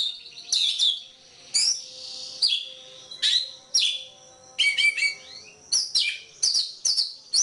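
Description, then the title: Oriental magpie-robin song of clear piercing whistles, some slurred downward, others stuttered in quick doubled notes, spaced by short gaps. Kacer poci form; national champion competition bird; chatty (gacor) singer using nembak (shooting) and ngerol (rolling) song styles; seven song types every three minutes. "Kacer Poci Gacor Nembak Dan Ngerol Juara Nasional. 7 macam suara kacer setiap 3 menit"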